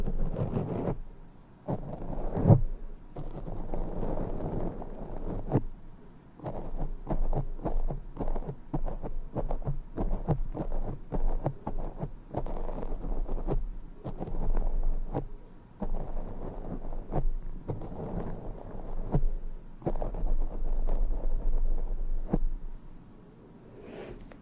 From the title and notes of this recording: ASMR INTENSE MIC BRUSHING NO TALKING, ASMR BRUSHING SOUNDS, BRUSH MICROPHONE ASMR.